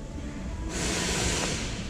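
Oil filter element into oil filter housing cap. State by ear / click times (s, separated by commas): not seated / none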